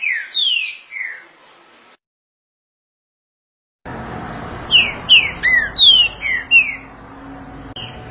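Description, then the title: Green-winged saltator song: two short slurred whistles, then a pause and a brisk run of falling, sliding whistled notes over a hissing, rumbling background. Song voice type 06 of the green-winged saltator, one of 14 song types. "Canto De Trinca Ferro Voz 06"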